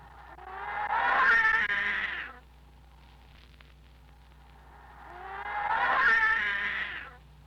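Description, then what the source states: Cat meowing with heavy effects, two drawn-out blurred wails swelling and fading over two seconds each, separated by a quiet gap, over a constant low hum. Meow processed with effects.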